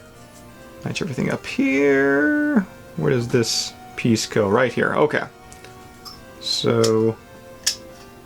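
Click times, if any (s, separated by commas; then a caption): 7.7 s. A model car part is lined up and pressed into its scale-model subassembly while someone talks, with faint ticks as it is handled. A sharp snap at 7.7 seconds marks the part seating into place.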